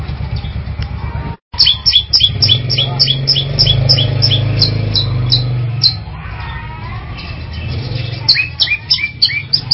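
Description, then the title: Long-tailed Shrike song: quick repeated high notes about three per second, a pause, then more notes near the end, over a low hum. "Audio Cendet Pentet"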